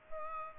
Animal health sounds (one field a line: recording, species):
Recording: mosquito wingbeat signal from an infrared sensor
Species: Culex pipiens